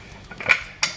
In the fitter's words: that there so that locks into place